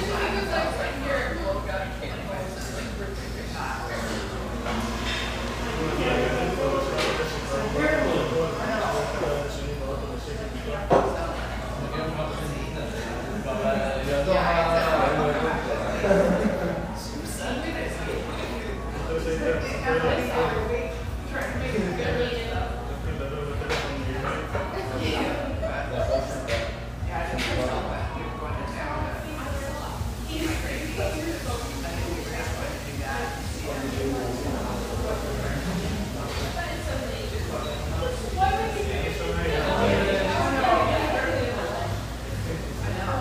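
Lively chatter fills a spacious tea room, many voices overlapping in a steady, dense murmur. A low steady hum runs underneath throughout, with occasional clinks and sharp knocks, one near eleven seconds, and a brief lull around thirty seconds.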